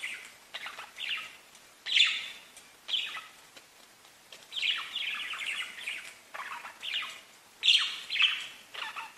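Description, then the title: Budgerigar chatter, softer chirps and warbled phrases with occasional louder squeaks and descending notes. "Budgie Sounds"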